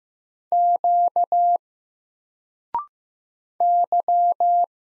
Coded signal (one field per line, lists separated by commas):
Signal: Morse code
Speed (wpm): 15 wpm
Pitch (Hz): 700 Hz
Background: none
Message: Q Y